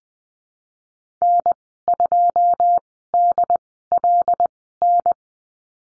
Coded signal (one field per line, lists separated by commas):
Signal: Morse code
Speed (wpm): 20 wpm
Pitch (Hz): 700 Hz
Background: none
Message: N2DLN